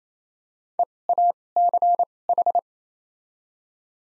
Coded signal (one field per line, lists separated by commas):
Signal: Morse code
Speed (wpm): 28 wpm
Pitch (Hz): 700 Hz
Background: none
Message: EACH